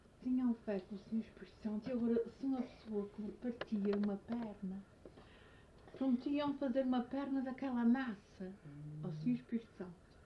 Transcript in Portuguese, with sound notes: Tinham fé com o Senhor Espírito Santo e agora, se uma pessoa que- partia uma perna, [pausa] prometiam fazer uma perna daquela massa ao Senhor Espírito Santo.